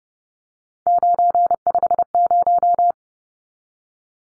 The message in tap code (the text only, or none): none